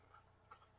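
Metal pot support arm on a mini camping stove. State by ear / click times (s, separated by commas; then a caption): seated / 0.1 s, 0.5 s. The metal folding pot support arm on an Ozark Trail 4 in 1 Mini Stove is fitted together by its two small tabs and rotated on the mini camp stove. Two short metallic clicks are heard at 0.1 s and 0.5 s over a steady low background hum. The pot support locks into place and is seated.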